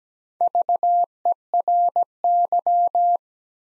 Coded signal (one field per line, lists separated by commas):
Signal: Morse code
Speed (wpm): 17 wpm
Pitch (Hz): 700 Hz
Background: none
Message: VERY